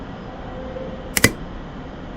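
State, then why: Seated. With a press, a circlip is pushed into the groove of a frame bushing fitted with a spacer ring. Against a steady low background noise, two sharp metallic clicks come close together at about 1.2 s and 1.2 s. The circlip snaps home and is seated in the groove.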